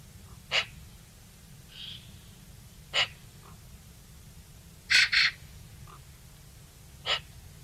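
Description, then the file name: Eurasian magpie uttering short harsh rasping calls at irregular intervals, including a quick double note, over a low background rumble. "Pica pica"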